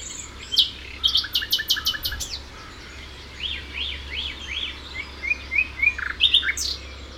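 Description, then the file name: Common nightingale song with bursts of rapid repeated clicky notes, then a run of rising and falling phrases, over a steady low hum. "Luscinia megarhynchos"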